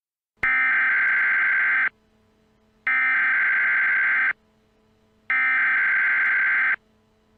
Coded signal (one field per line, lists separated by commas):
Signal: Emergency Alert System (SAME) tones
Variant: header bursts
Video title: Welcome to Fascist America EAS Scenario Pt.1